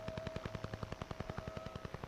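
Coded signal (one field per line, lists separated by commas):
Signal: radar signal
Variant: Russian Woodpecker (Duga)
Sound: rapid, even knocking ticks, about ten per second, over a faint steady whine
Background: steady background tones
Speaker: and in the west all we heard was ticking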